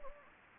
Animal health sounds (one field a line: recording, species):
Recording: mosquito wingbeat signal from an infrared sensor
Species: Anopheles gambiae